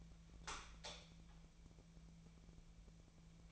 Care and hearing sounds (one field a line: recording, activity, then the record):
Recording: daily activity, microphone in the room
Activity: light on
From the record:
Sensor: 1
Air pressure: 1000.0 hPa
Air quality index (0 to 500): 128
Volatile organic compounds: 2 ppm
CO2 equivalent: 1210 ppm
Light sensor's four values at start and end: 40/100/42/52 and 43/115/47/57